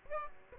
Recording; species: mosquito wingbeat signal from an infrared sensor; Aedes aegypti